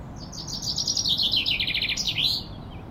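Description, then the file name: Common chaffinch delivering a single song, a quick series of chipping trills falling in pitch, then a final twisting flourish before silence. "Fringilla coelebs"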